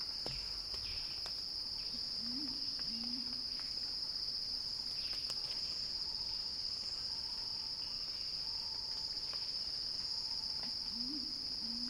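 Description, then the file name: Cicada buzzing, high and level without a break, with low hoarse chirps at the start and end and scattered faint bird notes. Cicada song building in a crescendo. "earth-fm Axel-Drioli Cicada-Crescendo-Sounding-Wild"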